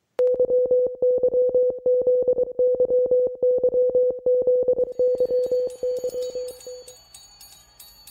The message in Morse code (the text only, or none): YYZYYZYY